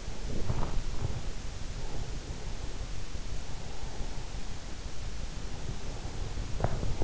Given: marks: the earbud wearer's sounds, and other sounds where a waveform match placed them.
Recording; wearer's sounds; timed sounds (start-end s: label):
sounds in sleep by an in-ear microphone; body movement, breath
0.16-1.46 s: body movement
1.05-4.24 s: breath
5.31-6.94 s: breath